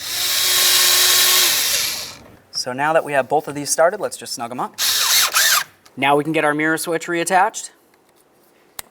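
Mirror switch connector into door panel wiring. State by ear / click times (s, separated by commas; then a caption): seated / 8.8 s. A power drill snugs up bolts on the driver side mirror of a 2006-10 Ford Explorer, with a second brief burst of the drill between stretches of someone talking. The mirror switch electrical connector is then pushed into the door panel wiring and clicks in at 8.8 s, seated.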